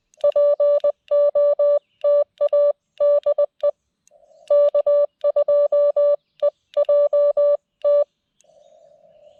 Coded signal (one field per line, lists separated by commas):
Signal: Morse code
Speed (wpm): 20 wpm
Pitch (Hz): 580 Hz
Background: music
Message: POTA DE K2EJT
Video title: CW POTA at K-5012 with the Lab599 Discovery TX-500 and Gabil GRA-7350TC antenna